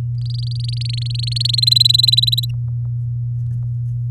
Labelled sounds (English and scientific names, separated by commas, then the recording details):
Domestic Canary (Serinus canaria) song
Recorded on 6 May 2018 at 15:54
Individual llb16